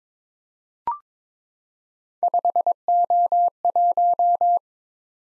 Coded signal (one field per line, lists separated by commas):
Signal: Morse code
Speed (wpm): 22 wpm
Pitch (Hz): 700 Hz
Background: none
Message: 5O1